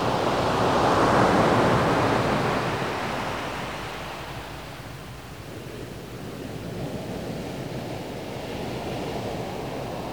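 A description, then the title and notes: Ocean surf rolls in, a wave swelling loudest in the first two seconds, then easing into a steady, softer hiss of washing water. Peaceful ocean surf.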